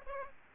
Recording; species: mosquito wingbeat signal from an infrared sensor; Aedes aegypti